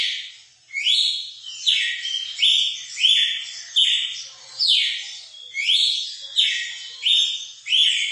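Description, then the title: Red-cowled cardinal singing a run of bright, slurred whistles, each phrase starting loud then fading, delivered a little faster than one per second with barely any pause between. Female singing, used to stimulate and excite a male bird. "Canto Galo Campina Fêmea. ESQUENTAR SEU GALO CAMPINA CANTO DO GALO DE CAMPINA"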